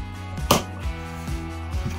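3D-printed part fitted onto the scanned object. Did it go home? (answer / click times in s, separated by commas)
yes / 0.5 s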